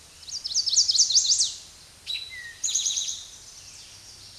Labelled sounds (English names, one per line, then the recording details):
Eastern Towhee song
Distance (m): 5 m
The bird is about 5 m above the microphone
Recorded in a Pennsylvania forest on 16 May 2024 at 06:08
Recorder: AudioMoth, point MSD-0627
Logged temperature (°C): 14.8 °C
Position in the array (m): 108 m, 6 m